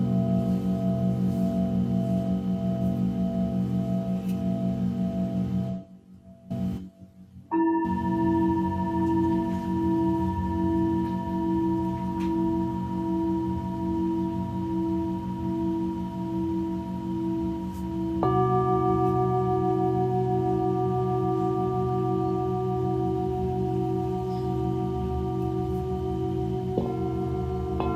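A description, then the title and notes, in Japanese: A singing bowl session: sustained, humming tones with a slow pulsing shimmer ring on continuously. Around six to seven seconds the sound briefly drops out, then a new tone enters near eight seconds, with further shifts in pitch near eighteen and twenty-seven seconds. メキシコから シンギングボウルのサウンドヒーリング ライブ。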